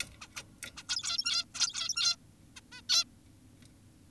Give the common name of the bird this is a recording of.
Zebra Finch